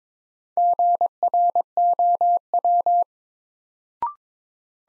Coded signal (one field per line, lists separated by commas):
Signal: Morse code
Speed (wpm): 22 wpm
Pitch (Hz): 700 Hz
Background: none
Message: GROW